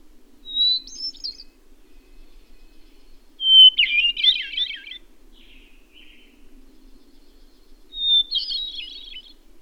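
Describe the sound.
Bird song given three times, each phrase a brief whistle opening into a quick, jumbled twittering warble, with pauses of a few seconds between and a faint hum.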